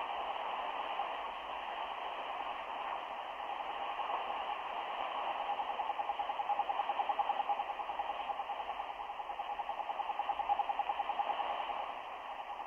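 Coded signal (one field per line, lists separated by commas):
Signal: radio time signal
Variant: RWM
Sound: rapid short beeps, about ten per second, steady and even, through shortwave hiss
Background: radio static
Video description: Sonidos: CW, Beeps. ( 10 Pulsos por Segundo ).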